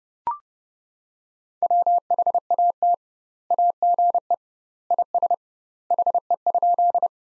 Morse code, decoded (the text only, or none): WHAT AGE IS HE?